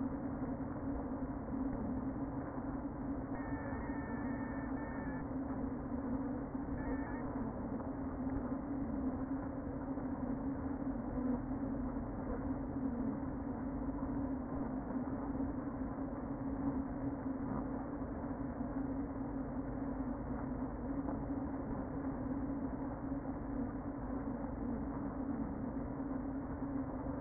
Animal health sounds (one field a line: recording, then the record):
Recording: honeybee colony, microphone inside the hive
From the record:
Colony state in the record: queen present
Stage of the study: before two queens were removed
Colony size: about 60,000 bees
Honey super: yes